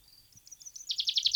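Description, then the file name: Common chaffinch song: faint thin notes building into a louder run of rapid, evenly spaced chipping notes. "Fringilla coelebs"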